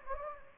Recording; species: mosquito wingbeat signal from an infrared sensor; Anopheles gambiae